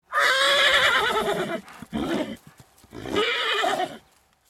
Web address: Lynne Music 2 Horse-Neigh